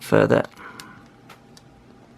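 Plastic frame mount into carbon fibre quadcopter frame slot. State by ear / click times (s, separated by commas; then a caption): not seated / none. Someone talks briefly while a plastic frame mount is pushed further into a slot in a carbon fibre quadcopter frame, with a few faint handling ticks and light rubbing against a quiet background. Nothing has seated or clicked yet.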